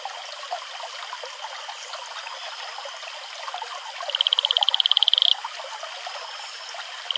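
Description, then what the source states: Atelopus franciscus male calling: one high, quickly pulsed trill lasting just over a second, rising in loudness to a sudden stop. Male advertisement call.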